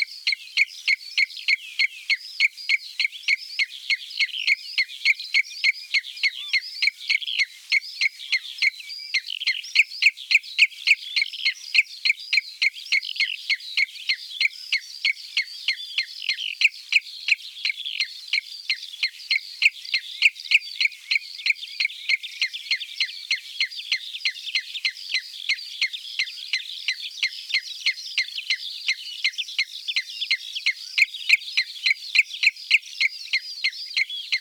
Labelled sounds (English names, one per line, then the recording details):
Common Redshank song
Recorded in the wild
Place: Cuxhaven, Schleswig-Holstein, DE
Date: 1978-07-05
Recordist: Schwarz, Dieter
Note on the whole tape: Song